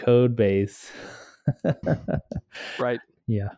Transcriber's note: laughing